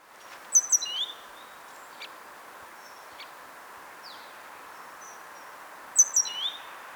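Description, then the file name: Great tit call phrase of high sharp notes sliding to a lower note, repeated about five seconds later, with scattered faint clicks and steady hiss between. "Parus major"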